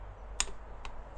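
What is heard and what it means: A torque wrench set to 24 Nm tightens the nut of the timing belt tensioner pulley, held in position, on a Renault Clio II 1.2 16V D4F engine. A sharp, short click sounds at 0.4 s, followed by a fainter tick at 0.9 s over a low steady hum. The wrench clicks, showing the nut has reached 24 Nm.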